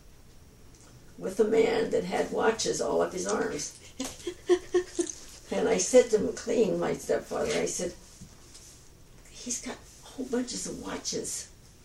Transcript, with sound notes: with a man that had watches all up his arms. (laughs) And I said to McLean—my step-father—and I said, "He's got whole bunches of watches.